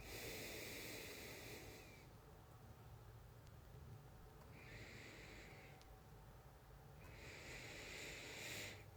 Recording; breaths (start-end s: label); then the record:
nose breathing near a microphone
0.00-2.42 s: exhalation
4.31-5.86 s: inhalation
6.93-8.67 s: inhalation
From the record:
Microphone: phone